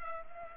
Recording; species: mosquito wingbeat signal from an infrared sensor; Culex pipiens